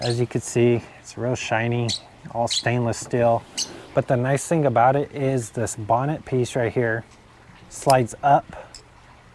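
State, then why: Seated. Someone talks while sliding up the shiny stainless steel bonnet (collar cover) on the regulator of a First Strike Hero2 Half Pint 15/4500 HPA carbon fiber tank. The magnetic bonnet snaps into its raised position with a short click at 8.8 s, seated firmly in place.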